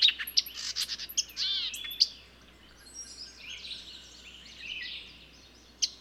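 Bird song with bright chirps and a descending series of slurred whistles at first, then softer warbling and a final sharp note after a quiet stretch.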